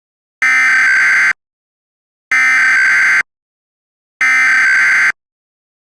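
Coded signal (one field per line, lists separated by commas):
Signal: Emergency Alert System (SAME) tones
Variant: header bursts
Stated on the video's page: Fictional scenario alert, simulated rather than real.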